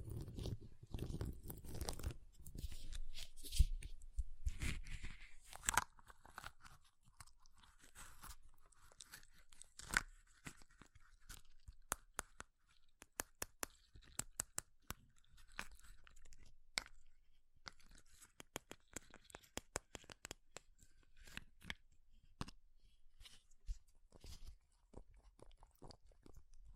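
Ice being tapped, scratched and carved: sharp clicks and crunchy scrapes come in irregular bursts. The first five seconds are denser, with low rumbling and grinding, then the sound thins to scattered bright taps and short scratches with quiet gaps between.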